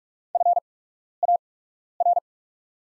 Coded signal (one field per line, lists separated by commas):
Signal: Morse code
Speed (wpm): 45 wpm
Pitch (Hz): 700 Hz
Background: none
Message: FAR